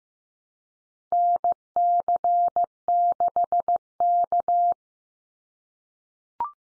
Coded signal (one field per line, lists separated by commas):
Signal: Morse code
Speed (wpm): 15 wpm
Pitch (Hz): 700 Hz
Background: none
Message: NC6K